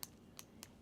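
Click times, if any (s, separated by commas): 0.0 s, 0.4 s, 0.6 s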